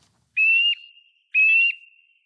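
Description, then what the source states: Eurasian nuthatch song: two loud, pure whistled notes, each rising slightly then ending abruptly, about a second apart. Loud song of rising and falling whistles, heard mostly on sunny days from January to May where old deciduous trees stand.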